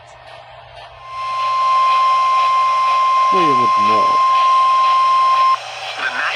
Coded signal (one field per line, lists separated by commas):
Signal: Emergency Alert System (SAME) tones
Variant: 1050 Hz attention tone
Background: speech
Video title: THAT'S AMBER Alert OR SEVERES... EAS Alerts from 7/25/25 (EAS#4,423 - 4,444)